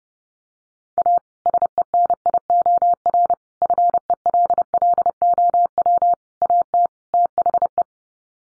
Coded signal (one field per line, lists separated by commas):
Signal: Morse code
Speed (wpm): 30 wpm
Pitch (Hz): 700 Hz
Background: none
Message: A SENIOR FELLOW AT THE